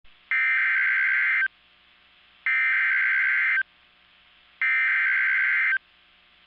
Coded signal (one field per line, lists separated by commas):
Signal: Emergency Alert System (SAME) tones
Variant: header bursts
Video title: Severe Thunderstorm Warning (Cleveland, Pottawatomie, McClain Counties) (4/22/20) [EAS #14]